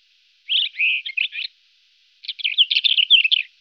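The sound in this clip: White-crowned wheatear giving two short scratchy warbled phrases separated by a short pause, each a quick jumble of chirps and trills.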